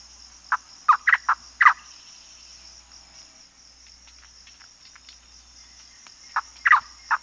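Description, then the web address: Manu antbird uttering clusters of short rough notes at the start and again near the end, separated by a quiet gap, with continuous high insect droning throughout. Bolivia. "Birds of the Amazon 2. Manu Antbird (Cercomacra manu), Bolivia"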